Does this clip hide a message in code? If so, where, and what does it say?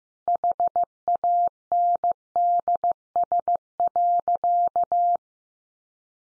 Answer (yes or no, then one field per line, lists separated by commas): yes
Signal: Morse code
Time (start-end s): 0.3-5.2 s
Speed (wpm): 15 wpm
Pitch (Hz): 700 Hz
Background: none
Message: HANDS.